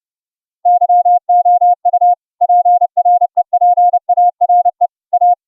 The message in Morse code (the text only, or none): YOU PREPARE A